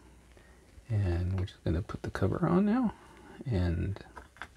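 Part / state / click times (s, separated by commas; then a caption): plastic cover onto 3D printed enclosure box / not seated / none. Someone talks while the 3D printed plastic cover is handled over the 3D printed box holding the final circuit board of a C64 Saver V2 power overvoltage protector for the Commodore 64. Faint handling ticks come near 0.3 s and 4.4 s. Nothing has seated or clicked yet; the cover is not yet snapped into place.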